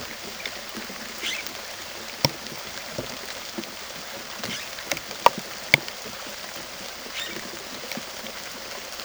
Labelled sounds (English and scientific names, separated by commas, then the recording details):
Yellow-rumped Cacique (Cacicus cela)
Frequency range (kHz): Yellow-rumped Cacique (Cacicus cela) 0.9-13.5 kHz
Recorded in secondary vegetation near Puerto Asís, Putumayo, Colombia, on 19 June 2025 at 15:30
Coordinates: 0.489, -76.322
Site G021